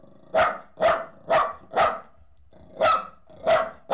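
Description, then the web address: Dog barking loudly about twice a second, four barks, a short pause, then three more. "The BBC Sound Effects Library - Complete 60 CDs Collection Sound Effects Library (Horses # 2 and Dogs)"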